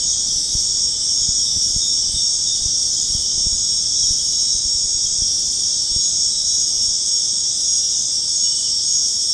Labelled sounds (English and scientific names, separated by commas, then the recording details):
none
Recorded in secondary vegetation near Puerto Asís, Putumayo, Colombia, on 23 June 2025 at 19:30
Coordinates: 0.484, -76.319
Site G074